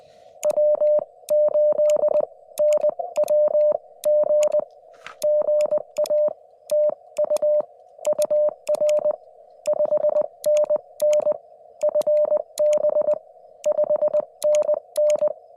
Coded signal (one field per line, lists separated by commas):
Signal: Morse code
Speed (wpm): 19 wpm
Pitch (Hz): 590 Hz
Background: none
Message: W8NWG GA TU UR 5NN FB 5NN